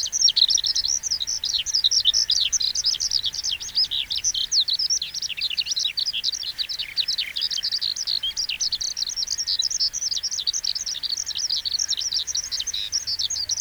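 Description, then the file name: Eurasian skylark song, a long unbroken stream of rapid, high warbling and trilling notes that tumble on without pause, over faint low background hum. "hibari"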